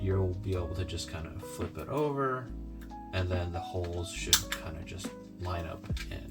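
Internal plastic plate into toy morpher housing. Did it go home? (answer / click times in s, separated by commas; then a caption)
no / none. A plastic plate marked F1450B, an internal part of a Power Rangers Lightning Collection toy morpher, is flipped over so its holes line up before being pressed into the plastic housing. Someone talks over background music with light handling sounds. The clip ends before the part goes home, and nothing has snapped into place yet.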